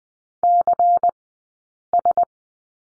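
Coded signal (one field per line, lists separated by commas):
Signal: Morse code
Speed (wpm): 20 wpm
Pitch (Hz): 700 Hz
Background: none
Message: CS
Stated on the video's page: Morse code course lesson drill on the letter C, sent at Farnsworth speed 20/10 wpm.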